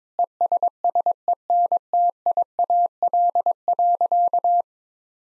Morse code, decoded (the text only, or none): ESSENTIAL.